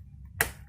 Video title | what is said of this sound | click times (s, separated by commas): 2015 Scion XB LED Door Handle Bowl Install - AoonuAuto | snaps on real simple | 0.4 s